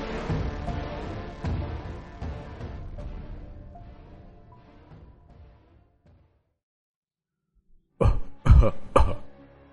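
A cluster of three or four thick, wet coughs bursts out after a few seconds of silence, following a stretch of dense, rumbling background activity that fades away.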